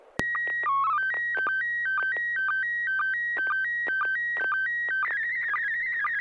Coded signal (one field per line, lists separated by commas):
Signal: SSTV (slow-scan television)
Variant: PD 120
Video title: N6NA SSTV Net - 09/17/2025